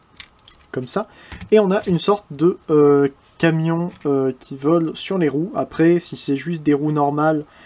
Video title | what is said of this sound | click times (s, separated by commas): (FR) Voyager OPTIMUS PRIME review (Transformers Siege) | ça vient se clipser là dessus voilà il ya sept ans costa qui veut dire sur ce stade ici comme | 0.2 s